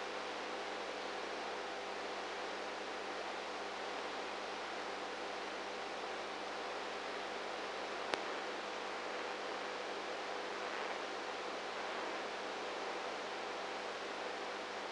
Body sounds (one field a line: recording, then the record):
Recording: brain microelectrode recording played as sound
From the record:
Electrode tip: inside the subthalamic nucleus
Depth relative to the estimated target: -2 mm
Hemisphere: right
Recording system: NeuroSet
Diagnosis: Parkinson's disease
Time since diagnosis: 19 years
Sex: female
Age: 58 years